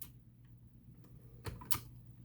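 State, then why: Seated. An 8BitDo Ultimate game controller is set onto its plastic charging stand so the stand's pogo pins meet the controller's metal metal contacts, with the pins scraping against the plastic. Small ticks at 1.5 and 1.6 seconds lead into a louder, sharp click at 1.7 seconds as the controller seats on the stand.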